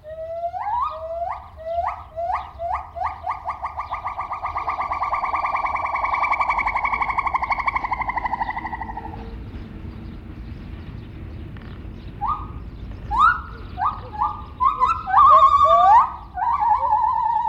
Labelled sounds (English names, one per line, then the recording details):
Silvery Javan Gibbon
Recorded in captivity
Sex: diverse
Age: adult
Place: Zoo Rostock, Mecklenburg-Vorpommern, DE
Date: 1970-06-03 11:50
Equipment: Uher 4200 Report Stereo, Sennheiser MD 421
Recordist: Tembrock, Günter